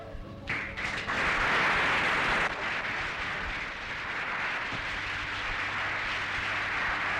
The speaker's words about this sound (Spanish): Fueron como un bombardeo los aplausos.